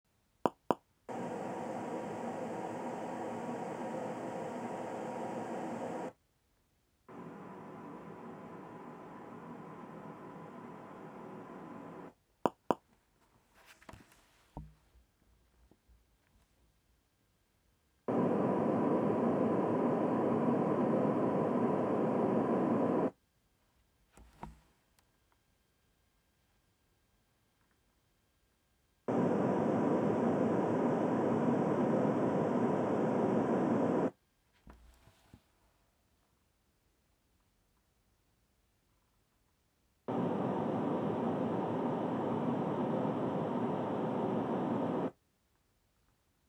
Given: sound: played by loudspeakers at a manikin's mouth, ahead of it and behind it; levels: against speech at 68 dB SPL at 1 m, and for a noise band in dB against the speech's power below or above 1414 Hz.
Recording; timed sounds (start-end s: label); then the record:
test signals for a remote microphone
0.46 s: click
0.71 s: click
1.08-6.08 s: speech-spectrum noise from ahead
7.08-12.08 s: speech-spectrum noise from behind
12.46 s: click
12.71 s: click
18.08-23.08 s: speech-spectrum noise from the mouth, turned 45 degrees left
29.08-34.08 s: speech-spectrum noise from the mouth, facing ahead
40.08-45.08 s: speech-spectrum noise from the mouth, turned 45 degrees right
From the record:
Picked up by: measurement microphone